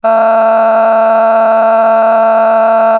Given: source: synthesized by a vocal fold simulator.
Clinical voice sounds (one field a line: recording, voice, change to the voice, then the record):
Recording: sustained vowel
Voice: female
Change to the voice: a random mix of aspiration noise, stiffness perturbation and strain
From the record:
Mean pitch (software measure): 224 Hz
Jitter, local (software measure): 1.68%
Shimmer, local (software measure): 6.0%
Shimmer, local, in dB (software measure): 0.53 dB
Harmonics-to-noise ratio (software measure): 15.3 dB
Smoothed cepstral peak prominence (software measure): 14.7 dB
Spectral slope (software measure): -20.3 dB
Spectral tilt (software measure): -10.4 dB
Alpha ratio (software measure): -10.8 dB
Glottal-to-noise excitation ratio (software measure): 0.903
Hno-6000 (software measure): 2.1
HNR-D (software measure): 33.6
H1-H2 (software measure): 0.2 dB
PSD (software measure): 6.8e-05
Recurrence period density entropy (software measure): 0.115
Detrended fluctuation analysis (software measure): 0.0123